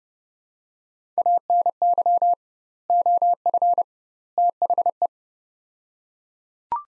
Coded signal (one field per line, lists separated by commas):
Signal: Morse code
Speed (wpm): 31 wpm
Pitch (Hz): 700 Hz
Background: none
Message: ANY OF THE